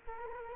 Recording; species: mosquito wingbeat signal from an infrared sensor; Culex quinquefasciatus